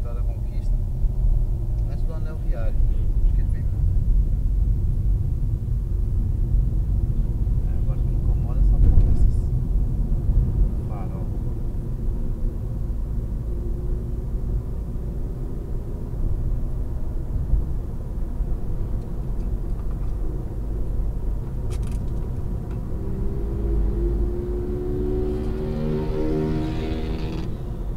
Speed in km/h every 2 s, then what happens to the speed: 18, 26, 32, 38, 43, 50, 56, 60, 64, 66, 68, 71, 74, 75.
0-23 speeds up to 74.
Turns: none.